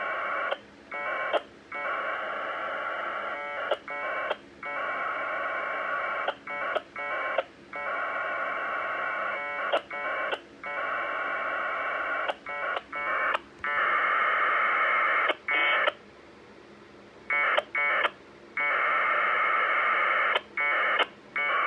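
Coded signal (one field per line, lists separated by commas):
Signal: packet radio (AX.25, as in APRS)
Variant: 1200 baud Bell 202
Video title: NinoTNC N9600A - 1200 Baud Bell 202 AX25 Winlink Client Test - W8CMN Mi7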